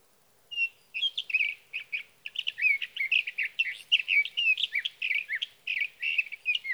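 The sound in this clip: Sage thrasher song, a long rambling warble of rapid varied notes, chattering and slurred, running almost without a break for about six seconds.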